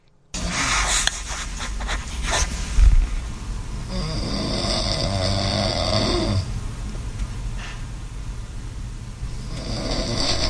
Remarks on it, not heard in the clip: Recorded me snoring. She believes that I have sleep apnea. 3 a.m.